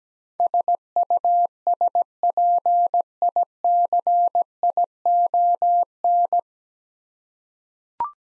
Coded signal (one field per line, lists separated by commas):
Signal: Morse code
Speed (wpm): 17 wpm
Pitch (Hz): 700 Hz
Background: none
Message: SUSPICION